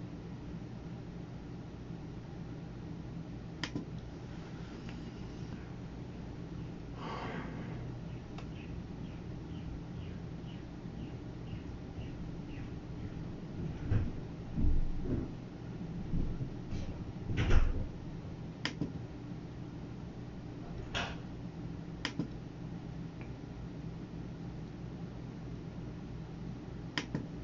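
Computer work: a steady low hum with scattered sharp clicks, a brief run of light tapping, and a few louder knocks midway.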